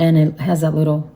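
The cap of a Givenchy Prisme Libre concealer pen (shades N280 and Peach) is being handled over its body while someone talks. No click is heard, and nothing has seated or clicked yet.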